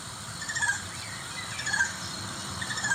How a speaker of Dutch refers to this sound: Ja, en dit gepruttel, dat is waarschijnlijk ook die gaai. Dat herken ik wel een beetje. Dat gepruttel, dat doen gaaien graag.